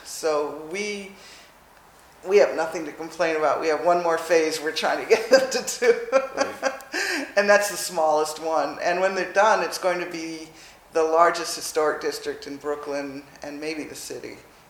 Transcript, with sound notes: So we have nothing to complain about. We have one more phase we’re trying to get them to do [laughs] and that’s the smallest one. And when we’re done, it’s going to be one of the largest historic districts in Brooklyn and maybe the city.